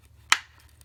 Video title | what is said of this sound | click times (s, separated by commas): How to take Delphi fuse block apart (EP 126) 2006 to 2013 Chevy Impala | heard it go click back in but | 0.3 s